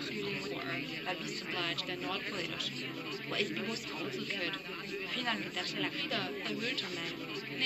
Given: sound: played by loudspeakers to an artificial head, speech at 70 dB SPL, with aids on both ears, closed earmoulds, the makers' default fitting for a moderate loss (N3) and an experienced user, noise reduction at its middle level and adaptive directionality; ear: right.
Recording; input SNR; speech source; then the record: speech test signal (ISTS) in cocktail-party noise; -3 dB; in front (0 degrees)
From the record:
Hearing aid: class 1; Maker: D